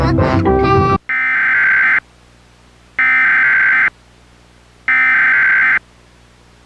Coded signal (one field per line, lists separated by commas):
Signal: Emergency Alert System (SAME) tones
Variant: header bursts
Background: speech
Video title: EAS Mock - The Tickle U Incident (Texscan screens test)